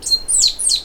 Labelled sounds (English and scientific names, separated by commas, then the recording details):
Stitchbird (Notiomystis cincta) song
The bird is a male
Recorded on Tiritiri Matangi Island, New Zealand, in 2005
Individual 10, of nest box 12